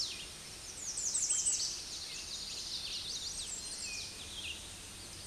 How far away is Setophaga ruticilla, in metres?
about 20 m